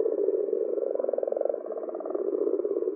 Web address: Common or Grass Frog